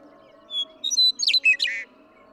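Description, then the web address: Western meadowlark singing one phrase: clear, flute-like whistles that tumble into a rapid, bubbling flourish of varied notes, heard against a quiet background. "birdsongforthecurious songs Western Meadowlark"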